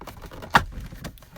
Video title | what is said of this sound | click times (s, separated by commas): 1998-2002 Honda Accord Odometer Backlight Fix (Instrument Cluster Display Removal) 6th generation | You hear a click, and then you'll be able to pull out this little black panel. | 0.6 s